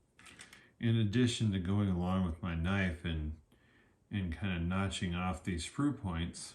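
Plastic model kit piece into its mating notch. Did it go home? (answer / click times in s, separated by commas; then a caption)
no / none. A molded plastic model-railroad kit part is fitted into its mating notch, which is the wrong length. A few short, faint plastic taps come around 0.2–0.5 s, followed by someone talking. There is no clean snap: the part has not clicked into place.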